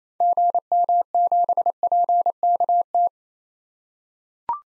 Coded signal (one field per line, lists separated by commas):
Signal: Morse code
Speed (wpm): 27 wpm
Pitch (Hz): 700 Hz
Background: none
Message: GM7PKT